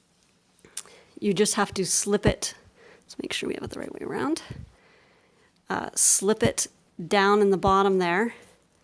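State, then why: Not seated. A plastic keycap is being handled and slipped in at its bottom edge into the key mechanism of a Surface Pro 3 laptop keyboard while someone talks. A few faint handling ticks occur near the start, but nothing has seated or clicked yet; the keycap has not been snapped onto its mount by the end of the clip.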